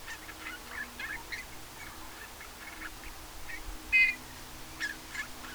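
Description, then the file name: Eurasian bullfinch call, a single clear piping whistle about four seconds in, with scattered faint bird notes around it. "Pyrrhula pyrrhula"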